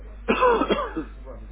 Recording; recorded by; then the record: voluntary cough; telephone call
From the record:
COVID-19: positive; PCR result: checked with the laboratory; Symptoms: no